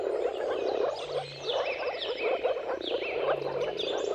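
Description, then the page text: Moor frogs in full chorus, a steady gurgling stream of low pulses, with bird song chirping and sliding and a brief low hum twice. Mating chorus of moor frogs at sunrise, at the turn of March and April depending on the weather; dawn chorus. "Dawn’s Chorus: Mating Calls of Marsh Frogs at Sunrise. Depending on the weather at the turn of March and April, you can witness an amazing spectacle of moor frogs. Jakub-Orzecki moor frogs"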